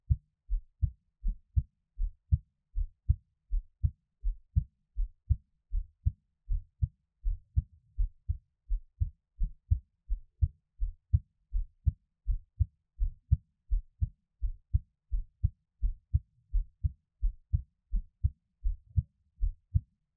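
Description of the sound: Steady paired low lub-dub thumps at about 75 beats a minute, with no talking; an ordinary adult heartbeat heard up close.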